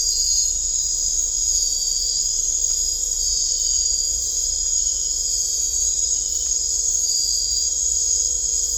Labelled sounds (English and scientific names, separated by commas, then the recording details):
none
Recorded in dense forest near Puerto Asís, Putumayo, Colombia, on 16 December 2024 at 23:00
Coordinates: 0.500, -76.322
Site G053